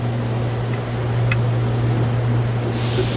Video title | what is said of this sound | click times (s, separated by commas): 2016 Nissan Rogue Oil change | You hear that little snap? | 1.3 s